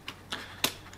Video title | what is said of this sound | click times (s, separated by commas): Assemblage du - Sac B - Kyosho Optima de 2016 - #2 | Voilà, c'est clipsé. | 0.6 s